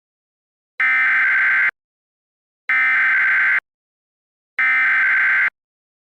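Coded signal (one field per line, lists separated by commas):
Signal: Emergency Alert System (SAME) tones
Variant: header bursts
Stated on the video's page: Mock tornado emergency alert made with EAS maker software, not a real alert.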